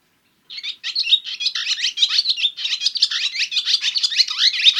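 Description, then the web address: Barn swallow chatter: a steady stream of bright squeaks, warbled twitters and falling notes in quick succession after a brief silence. Recorded in Winnipeg, Canada. "Barn Swallow. iconic birds in your winnipeg neighbourhood"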